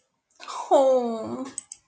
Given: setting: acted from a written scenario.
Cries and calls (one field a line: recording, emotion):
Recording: vocal sound without words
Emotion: adoration